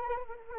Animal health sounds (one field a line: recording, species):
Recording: mosquito wingbeat signal from an infrared sensor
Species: Anopheles arabiensis